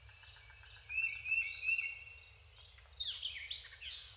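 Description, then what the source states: Songbirds singing: a high, wavering whistled phrase over a lower trill, then a sharp high note and descending slurs. Deciduous forest, daytime.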